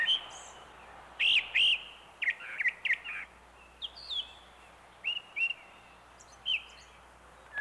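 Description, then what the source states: Brown thrasher song: short phrases of clear, slurred whistled notes, singly or in small groups, separated by brief pauses. Cousin of the mockingbird.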